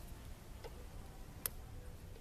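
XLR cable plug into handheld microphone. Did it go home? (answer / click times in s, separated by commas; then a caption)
yes / 1.5 s. The female XLR plug on a mic cable is pushed into the base of a wired handheld microphone until the latch engages. Against a low, steady background there is a faint tick at about 0.6 s, then one sharp, very short click at 1.5 s as the connector seats.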